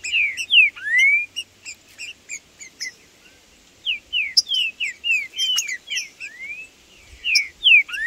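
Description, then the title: Green-winged saltator singing clear swooping whistled phrases, some rising, others falling, among busy high-pitched chirping notes. Trinca-ferro in the bush, singing, calling and 'macheando' (male rivalry display) in a dispute with a free-living rival. "Trinca Ferro no MATO Cantando e Macheando muito com Solto! Blindado e Tufão no mato"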